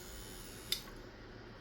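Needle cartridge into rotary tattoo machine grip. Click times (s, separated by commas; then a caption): 0.7 s. A needle cartridge is pushed into the grip of a rotary tattoo machine from a $15 EK129A-1-US kit. A short, faint click is heard at 0.7 s over a low steady hum. The cartridge seats, but with only a weak click rather than a firm, positive one.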